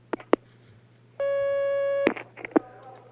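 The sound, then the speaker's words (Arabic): A steady, buzzy telephone line tone sounds once for about a second as a caller's phone call comes through during a religious question-and-answer session, loud and unwavering, with sharp clicks and handling noises before and after over a low constant hum. “هناك مكالمة معنا على الخط، شكرا للأخت السائلة.”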